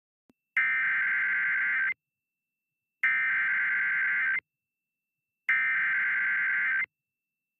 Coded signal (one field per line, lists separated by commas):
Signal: Emergency Alert System (SAME) tones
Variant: header bursts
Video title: Severe Thunderstorm Warning EAS in Athens, GA